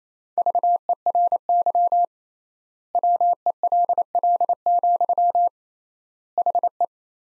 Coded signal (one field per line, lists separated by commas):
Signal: Morse code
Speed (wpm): 28 wpm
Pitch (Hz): 700 Hz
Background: none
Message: VERY WELL, HE